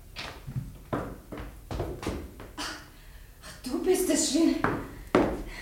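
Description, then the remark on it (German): Footsteps walk through an empty, unheated room in a house, a steady run of sharp, moderately loud treads about twice a second, joined midway by a brief tonal creak or murmur before the steps carry on. “Ich hörte Schritte. Dachte, wer geht in deinem leeren Zimmer herum?”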